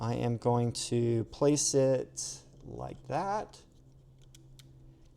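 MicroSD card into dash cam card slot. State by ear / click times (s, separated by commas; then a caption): seated / 4.6 s. Someone talks while positioning a 32 GB microSD card at the card slot of a Viofo A119 Mini 2 dash cam for a Fisker Ocean. After the talk ends, the card is pushed in with a fingernail, and faint ticks at 4.2 and 4.3 s lead to a sharper click at 4.6 s as the card snaps into place and seats.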